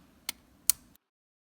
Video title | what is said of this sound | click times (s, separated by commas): Dell keyboard key cap hinge clip version DC52 video installation guide | Once aligned, push down and it should snap into place. | 0.3 s, 0.7 s